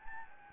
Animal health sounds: mosquito wingbeat signal from an infrared sensor; Anopheles gambiae

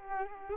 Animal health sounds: mosquito wingbeat signal from an infrared sensor; Aedes aegypti

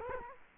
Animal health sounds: mosquito wingbeat signal from an infrared sensor; Culex quinquefasciatus

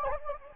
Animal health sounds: mosquito wingbeat signal from an infrared sensor; Anopheles gambiae

